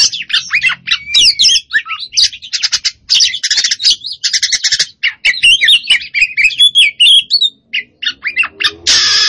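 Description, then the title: Oriental magpie-robin song, a rapid varied stream of whistles, sharp chirps and buzzy trills, phrases changing constantly with brief pauses, ending in a harsh rasping note. Song described as gacor, meaning singing actively and continuously. "Kacer Poci Gacor"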